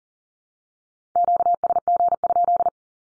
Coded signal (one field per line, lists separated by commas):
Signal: Morse code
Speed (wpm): 40 wpm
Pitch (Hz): 700 Hz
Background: none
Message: QSG?